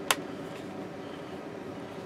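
The raised bottom part of a Viltrox VL-162T LED panel light is pushed onto the matching section of its mount bracket. It snaps home with a single sharp click at 0.1 s over a low, steady background hum. The light is seated in its mount.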